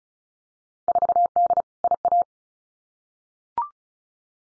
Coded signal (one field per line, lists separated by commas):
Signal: Morse code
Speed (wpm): 36 wpm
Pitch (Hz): 700 Hz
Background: none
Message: 4D IA